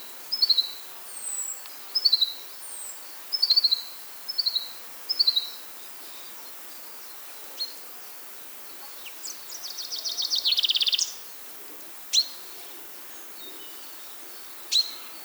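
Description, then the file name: Common chaffinch: a series of short, high paired notes repeated for several seconds, then a dense buzzy rattle, with scattered sharp clicks and faint high chirps. "Fringilla coelebs"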